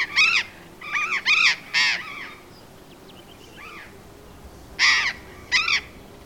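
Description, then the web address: Burrowing parrot producing harsh, rasping screeches in a quick cluster, then a pause with faint calls, then two more loud screeches. "parrots cyanoliseus-patagonus"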